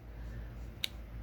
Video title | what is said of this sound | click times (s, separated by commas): Kissing Crane Hobo | so it just goes together like so, and then it should click into place | 0.8 s